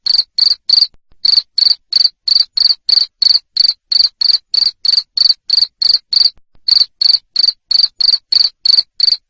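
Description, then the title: Cricket chirps repeated rapidly and evenly, about three a second, with two brief gaps. Loud cricket chirping used to stimulate lovebirds to sing continuously. "Suara JANGKRIK NGERIK Keras Bikin LOVEBIRD Jadi NGEKEK Terus Vubey"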